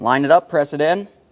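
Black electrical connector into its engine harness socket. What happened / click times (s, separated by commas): The connector is being lined up, not yet seated / none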